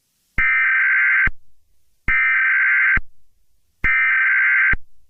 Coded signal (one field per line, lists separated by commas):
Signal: Emergency Alert System (SAME) tones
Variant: header bursts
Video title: Yellowstone Eruption, EAS Scenario